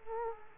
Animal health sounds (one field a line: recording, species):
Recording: mosquito wingbeat signal from an infrared sensor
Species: Culex quinquefasciatus